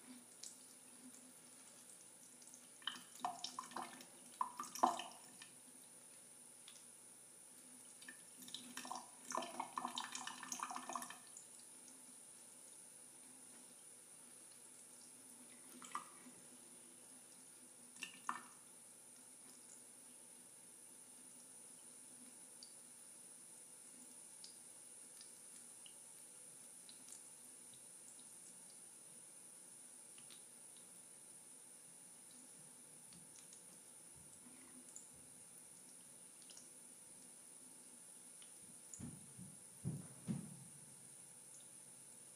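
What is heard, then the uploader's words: Water trickles onto plastic in uneven bursts, heaviest around 3–5 and 9–11 seconds, with short splashy pops near 16 and 18 seconds. Between them a faint steady hiss and a thin high whine carry on, and a low rumbling patch comes near the end. ASMR Water Trickling on Plastic.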